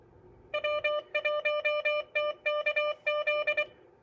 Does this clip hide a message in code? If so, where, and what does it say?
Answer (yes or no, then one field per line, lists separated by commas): yes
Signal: Morse code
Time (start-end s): 0.5-3.6 s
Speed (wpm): 24 wpm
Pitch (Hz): 600 Hz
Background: music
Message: W1TKZ